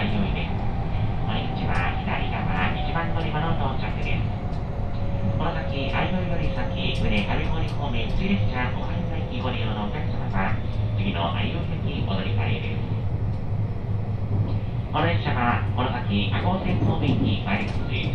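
A ride on the Sanyo Main Line and Ako Line train from Himeji toward Banshu-Ako, with a steady low rumble of the carriage running underneath. Voices talk almost continuously over it, and a faint whining tone slowly drops in pitch through the first thirteen seconds.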